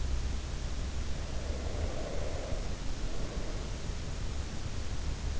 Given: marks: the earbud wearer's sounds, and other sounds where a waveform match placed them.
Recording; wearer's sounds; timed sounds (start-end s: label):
sounds in sleep by an in-ear microphone; breath
1.25-4.63 s: breath